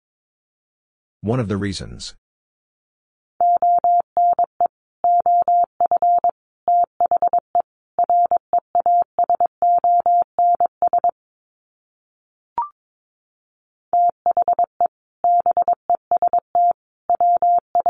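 Morse code tapped out as a steady mid-pitched beeping tone, short dots and longer dashes in quick groups separated by brief gaps. A short burst of rustling noise comes before it near the start, a single click falls in a pause around twelve seconds, then the code resumes.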